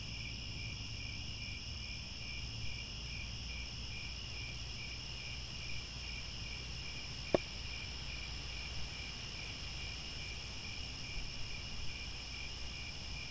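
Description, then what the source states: Cricket chorus with rhythmic pulsed chirps and a constant high-pitched drone, low rumble beneath and a single sharp click midway. Chorus of crickets at twilight as the sun descends, with stars overhead.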